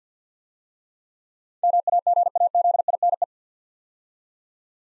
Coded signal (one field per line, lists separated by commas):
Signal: Morse code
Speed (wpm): 53 wpm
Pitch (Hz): 700 Hz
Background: none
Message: MAGAZINE